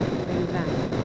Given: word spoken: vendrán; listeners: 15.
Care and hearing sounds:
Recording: one Spanish word in noise, from a listening test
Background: noise modulated by three-talker babble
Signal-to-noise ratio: -4.8 dB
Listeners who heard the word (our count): 4 of 15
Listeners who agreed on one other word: 6 of 15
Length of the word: 0.64 s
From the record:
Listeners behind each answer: 6, 4, 1, 1, 1, 1, 1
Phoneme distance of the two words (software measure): 7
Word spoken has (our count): 2 syllables, 7 phonemes, stress on syllable 2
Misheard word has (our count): 2 syllables, 6 phonemes, stress on syllable 2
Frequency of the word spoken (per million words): 5.00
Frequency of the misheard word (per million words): 11.32

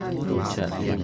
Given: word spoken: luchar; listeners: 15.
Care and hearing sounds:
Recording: one Spanish word in noise, from a listening test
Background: eight-talker babble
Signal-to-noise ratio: -2.7 dB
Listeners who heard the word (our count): 0 of 15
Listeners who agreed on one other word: 7 of 15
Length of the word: 0.64 s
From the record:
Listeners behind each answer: 7, 2, 2, 1, 1, 1, 1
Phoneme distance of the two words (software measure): 17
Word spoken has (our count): 2 syllables, 5 phonemes, stress on syllable 2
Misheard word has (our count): 2 syllables, 4 phonemes, stress on syllable 1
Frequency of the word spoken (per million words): 26.37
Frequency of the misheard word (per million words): 7.58

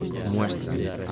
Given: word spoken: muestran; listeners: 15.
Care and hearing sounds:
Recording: one Spanish word in noise, from a listening test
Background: eight-talker babble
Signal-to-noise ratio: 0.0 dB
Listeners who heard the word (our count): 1 of 15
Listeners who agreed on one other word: 13 of 15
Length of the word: 0.72 s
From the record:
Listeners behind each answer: 13, 1, 1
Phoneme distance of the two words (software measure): 7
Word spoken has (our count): 2 syllables, 8 phonemes, stress on syllable 1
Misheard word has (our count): 2 syllables, 7 phonemes, stress on syllable 1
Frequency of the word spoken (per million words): 37.62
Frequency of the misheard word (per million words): 134.78

